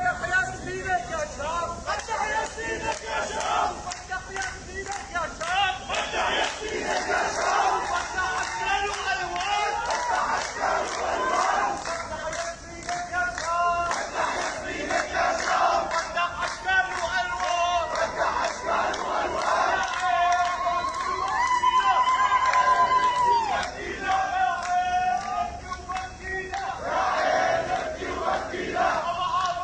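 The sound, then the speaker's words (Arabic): A large funeral crowd in Damascus clapping and chanting takbir and the name of director Hatem Ali as his coffin leaves the Al-Hassan mosque, a loud, dense wall of massed voices with rhythmic shouts rising and falling, and a sustained cry standing out near the end. “وغص جامع الحسن في دمشق بالمصلين وحمل بعضهم صوره، وفور خروج النعش من الجامع بدأت الحشود بالتصفيق والتكبير وتعالت الهتافات مرددة اسمه.”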